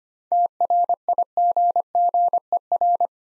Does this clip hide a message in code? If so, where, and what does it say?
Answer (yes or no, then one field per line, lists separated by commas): yes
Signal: Morse code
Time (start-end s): 0.3-3.1 s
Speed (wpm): 25 wpm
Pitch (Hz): 700 Hz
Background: none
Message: TRIGGER